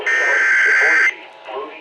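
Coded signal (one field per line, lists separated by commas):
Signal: Emergency Alert System (SAME) tones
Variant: header bursts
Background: speech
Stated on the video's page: Severe thunderstorm warnings including double headers, western Idaho.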